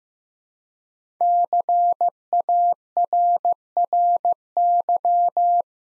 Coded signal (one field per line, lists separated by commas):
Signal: Morse code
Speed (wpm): 15 wpm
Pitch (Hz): 700 Hz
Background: none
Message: CARRY